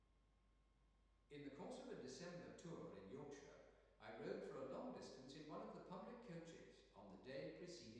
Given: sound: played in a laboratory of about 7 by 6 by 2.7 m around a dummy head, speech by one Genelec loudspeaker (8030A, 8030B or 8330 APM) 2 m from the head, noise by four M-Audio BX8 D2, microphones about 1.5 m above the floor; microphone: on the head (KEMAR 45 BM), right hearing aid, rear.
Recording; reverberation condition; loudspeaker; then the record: male speech in English; high; 150 degrees to the left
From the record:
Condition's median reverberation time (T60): about 1300 ms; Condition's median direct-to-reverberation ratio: about -4.0 dB